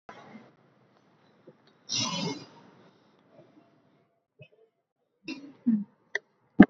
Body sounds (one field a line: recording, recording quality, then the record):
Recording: shallow breathing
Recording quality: excellent, no background noise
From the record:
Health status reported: healthy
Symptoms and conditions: none ticked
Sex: female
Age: 50 years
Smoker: not ticked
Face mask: worn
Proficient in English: no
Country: India